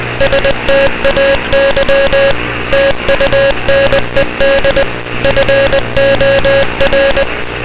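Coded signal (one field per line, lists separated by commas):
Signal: Morse code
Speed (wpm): 20 wpm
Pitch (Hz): 550 Hz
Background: music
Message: STAY TUNED FOR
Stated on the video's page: Fictional EAS scenario.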